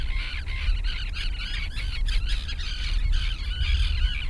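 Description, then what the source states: Many gulls squawking at once, with repeated raucous, wavering cries stacked together above a deep, steady rumble of wind or sea. Gulls near the sea.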